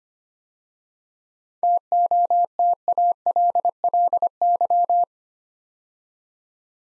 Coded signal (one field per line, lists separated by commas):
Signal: Morse code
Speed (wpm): 25 wpm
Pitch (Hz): 700 Hz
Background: none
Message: TOTALLY